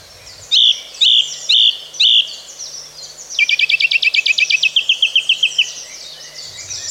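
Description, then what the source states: Song thrush singing: a bright note repeated four times, then a fast run of many clipped notes. Beautiful loud song with repeating phrases.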